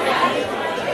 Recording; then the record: background sound without coughing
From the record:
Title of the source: CITY SOUNDS Busy Bar in the Evening Night - 2 HOURS of Ambiance for Relaxation